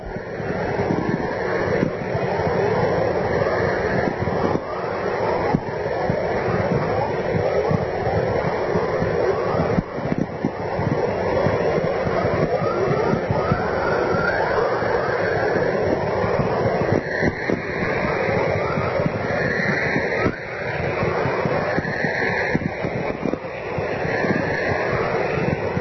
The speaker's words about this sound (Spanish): uno de los sonidos que vamos a escuchar ahora es una aurora boreal obtenida en Manitoba